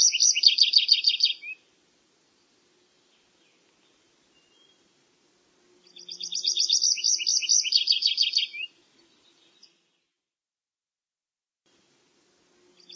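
Bird song in two rapid twittering bursts of high chirps and trills, the second longer, separated by several seconds of silence.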